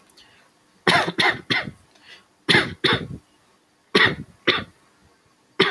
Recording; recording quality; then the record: shallow voluntary cough; excellent, no background noise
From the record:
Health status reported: healthy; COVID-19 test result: not tested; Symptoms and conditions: none ticked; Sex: male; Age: 22 years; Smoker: not ticked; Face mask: not worn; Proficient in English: yes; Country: India